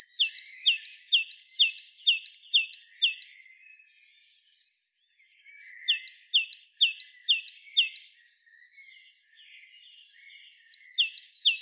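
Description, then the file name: Great tit, two-note ringing phrases in quick steady series, three bouts separated by short pauses. "Parus major"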